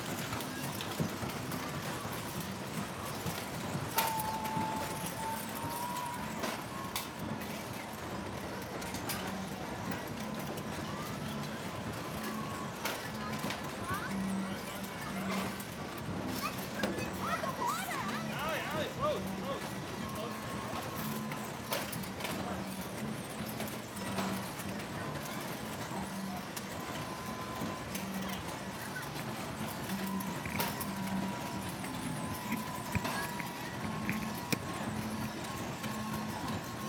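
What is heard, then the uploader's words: A dense, steady wash of arcade noise on the Coney Island Boardwalk holds at an even level for the whole stretch. Murmuring voices and a low rumble run underneath, while short electronic tones and sharp clicks pop out frequently, with a brief rising chirp near seventeen seconds. Coney Island Boardwalk - Arcade II by Bandeto.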